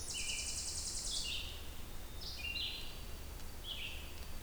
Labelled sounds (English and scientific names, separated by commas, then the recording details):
Red-eyed Vireo (Vireo olivaceus) song
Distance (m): 40 m
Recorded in boreal forest in Alberta, Canada, on 2 June 2016 at 07:55
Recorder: SongMeter 3, array SBT-3-7
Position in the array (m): 81 m, 141 m